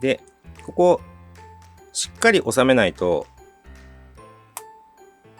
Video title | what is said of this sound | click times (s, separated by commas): C64-1用オイルダンパー ショックアブソーバー2本セットの紹介と組付け【WPL JAPAN】 | When I put it together, it clicked like this, and it's in | 4.6 s